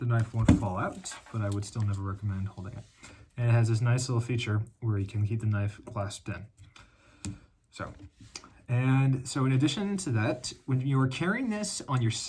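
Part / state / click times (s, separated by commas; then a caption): knife retention clasp on a sheath / seated / 7.2 s. Someone talks while demonstrating the retention clasp on the sheath of a Recon Tanto VG-10 San Mai knife, a feature that keeps the knife clasped in. During a short pause in the talk, a sharp snap at 7.3 s is the clasp closing over the knife, seating it securely.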